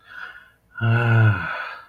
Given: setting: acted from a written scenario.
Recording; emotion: vocal sound without words; guilt